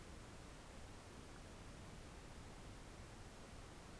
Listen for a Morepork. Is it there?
no